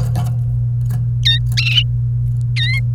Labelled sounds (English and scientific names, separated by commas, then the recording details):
Domestic Canary (Serinus canaria) song
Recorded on 28 April 2018 at 12:58
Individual llb3